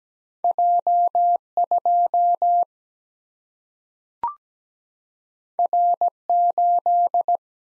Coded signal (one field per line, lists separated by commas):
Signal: Morse code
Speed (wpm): 17 wpm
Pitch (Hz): 700 Hz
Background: none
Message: J 2 R 8